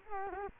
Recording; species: mosquito wingbeat signal from an infrared sensor; Culex quinquefasciatus